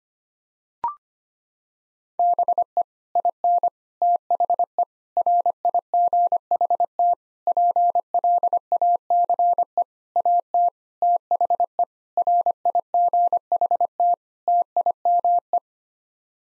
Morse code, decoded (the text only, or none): BE IN THE RIGHT PLACE AT THE RIGHT TIME